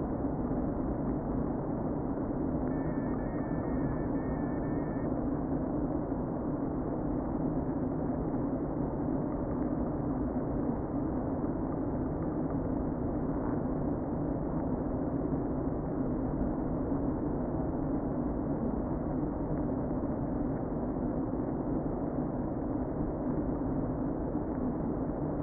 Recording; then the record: honeybee colony, microphone inside the hive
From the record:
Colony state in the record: queen present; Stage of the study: before two queens were removed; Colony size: about 60,000 bees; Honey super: yes